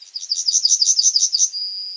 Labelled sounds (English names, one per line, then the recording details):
Yellowhammer song
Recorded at under 5 m from the bird
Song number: 167